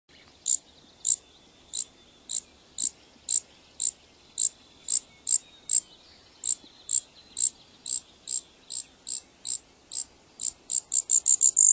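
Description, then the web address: Brewer's sparrow song: high, thin chips repeated about twice a second in a long steady series, speeding into a quick trill at the very end. "birdweb sounds brsp"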